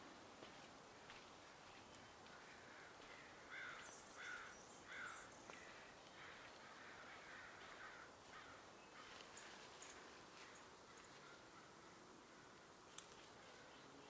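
Outdoor ambience along footpaths at the Dharma Rain Zen Center, mostly a quiet, steady hiss with faint rustling. Around the fourth and fifth seconds, three short bird chirps repeat in quick succession, and a single sharp click stands out near the end.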